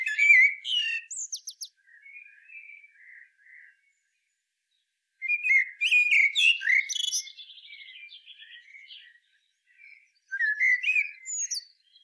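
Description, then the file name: Eurasian blackbird song in three bursts of varied warbling and squeaky notes separated by quiet gaps, the first two followed by softer trailing notes. "Turdus merula"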